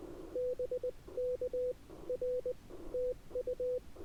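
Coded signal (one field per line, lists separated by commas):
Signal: Morse code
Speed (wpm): 19 wpm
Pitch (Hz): 500 Hz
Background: none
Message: BK R TU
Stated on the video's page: CW SOTA activation on Mount Yaedake, Okinawa, with an Icom IC-705, Pico paddle, homebrew linked vertical and battery, after a broken key.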